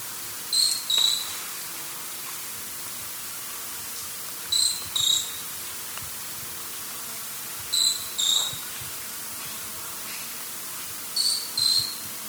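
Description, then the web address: Short-tailed pygmy-tyrant song: high, thin notes delivered in quick pairs, the pairs repeated every three to four seconds over steady background hiss. Recorded in the eastern lowlands of South America. "Natures Songs S America Eastern Lowlands. Short-tailed Pygmy-Tyrant"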